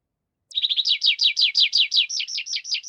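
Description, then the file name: Tree Pipit song: a rapid series of high notes that become loud, repeated downward-sweeping slurs. "Animal Tree Pipit"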